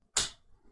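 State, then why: Seated. The first DDR5 SODIMM memory stick, inserted at an angle into an Asus TUF Gaming laptop's memory slot, is pushed down at the back until the slot's retaining clips lock it in place. A single sharp, bright click sounds at 0.2 s and fades within about 0.2 s, followed by near silence. The module is seated.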